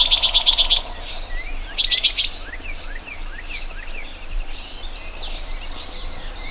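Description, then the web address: Crickets give a sustained shrill trill in segments; pulsed chirping bursts open the passage and faint bird calls sweep underneath. Meadow ambience with birds and crickets. "Dr Sound Effects. A Meadow With Birds and Crickets"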